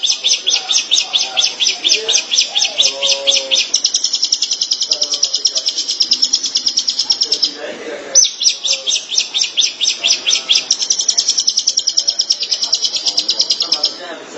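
Shrike singing fast, high, pulsing notes in a continuous stream, one short break around eight seconds, soft low background sounds throughout.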